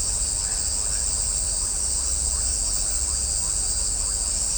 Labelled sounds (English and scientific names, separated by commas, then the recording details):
none
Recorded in shrubland near Pivijay, Magdalena, Colombia, on 2 June 2023 at 19:30
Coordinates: 10.453, -74.365
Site P5-G022